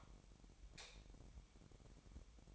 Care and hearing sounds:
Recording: daily activity, microphone in the room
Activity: light off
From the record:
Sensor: 1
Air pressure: 1012.0 hPa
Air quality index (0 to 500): 231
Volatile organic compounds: 6 ppm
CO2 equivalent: 1839 ppm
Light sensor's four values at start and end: 17/45/18/20 and 13/32/13/15

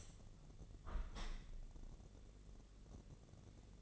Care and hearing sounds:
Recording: daily activity, microphone in the room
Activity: open window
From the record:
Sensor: 4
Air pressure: 1013.2 hPa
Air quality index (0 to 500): 170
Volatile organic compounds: 2 ppm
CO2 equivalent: 1072 ppm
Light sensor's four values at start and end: 37/92/37/37 and 37/91/37/37

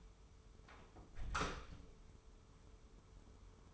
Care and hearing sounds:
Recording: daily activity, microphone in the room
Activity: close door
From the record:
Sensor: 1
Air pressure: 1015.2 hPa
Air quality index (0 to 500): 148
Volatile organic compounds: 8 ppm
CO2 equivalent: 2050 ppm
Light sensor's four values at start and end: 14/32/14/15 and 14/33/14/15

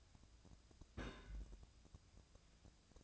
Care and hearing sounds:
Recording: daily activity, microphone in the room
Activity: place on stove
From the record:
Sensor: 2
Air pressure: 999.8 hPa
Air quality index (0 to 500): 122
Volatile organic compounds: 2 ppm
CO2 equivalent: 1054 ppm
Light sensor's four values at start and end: 35/85/37/42 and 35/85/37/42

